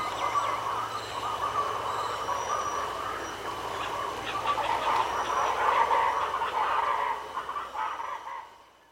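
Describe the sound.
Wedge-capped capuchin calls: sustained overlapping chatter of coarse, pulsed notes through most of the recording before fading out, with a thin insect tone.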